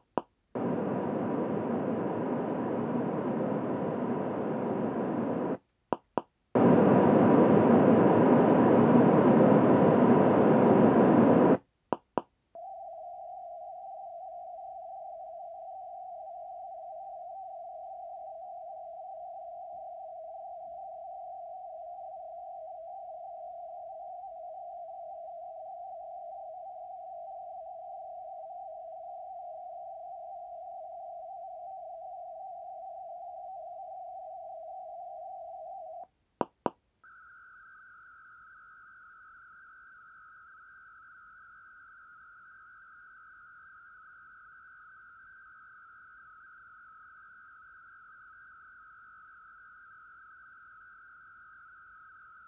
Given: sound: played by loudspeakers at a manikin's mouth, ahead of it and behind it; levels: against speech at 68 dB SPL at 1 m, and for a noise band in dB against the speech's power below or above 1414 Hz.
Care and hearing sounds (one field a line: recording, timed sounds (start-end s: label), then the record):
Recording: test signals for a remote microphone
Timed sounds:
0.18 s: click
0.55-5.55 s: speech-spectrum noise, 0 dB
5.93 s: click
6.18 s: click
6.55-11.55 s: speech-spectrum noise, +10 dB
11.93 s: click
12.18 s: click
12.55-36.04 s: noise band at 707 Hz, as loud as that band is in speech
36.41 s: click
36.66 s: click
37.04-52.48 s: noise band at 1414 Hz, as loud as that band is in speech
From the record:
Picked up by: measurement microphone